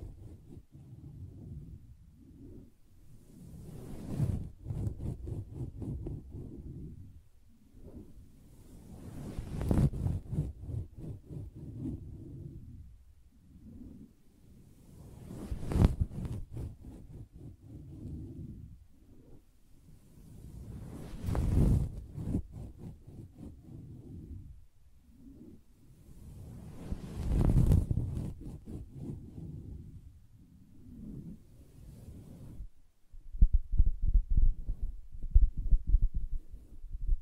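Soft tapping and scratching on a fabric surface, mostly low and muffled, with a steady rumbling rustle throughout. About every five to six seconds a brighter, swelling scratch rises and fades. Near the end, firmer, louder taps come in a quick run.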